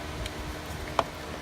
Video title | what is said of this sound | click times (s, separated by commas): How to change 2000-2005 Honda Odyssey sparkplug replacement | You want to hear that click. | 1.0 s